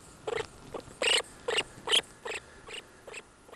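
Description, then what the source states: Norway lemming squeaks, harsh buzzy bursts given in an irregular series of several within a few seconds, some louder than others, over a quiet background. On the bank of the Juutuanjoki river in Inari, Finland, during the August 2011 lemming migration.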